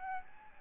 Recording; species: mosquito wingbeat signal from an infrared sensor; Aedes albopictus